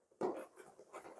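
A rubber RC crawler tire is stretched over a plastic wheel rim on a Redcat Ascent Fusion, making a sudden broadband rubbing scuff at 0.2 s followed by softer, uneven rubber-on-plastic squeaks and scrapes through 1.2 s. The tire bead has not popped into its seat yet; nothing has seated or clicked.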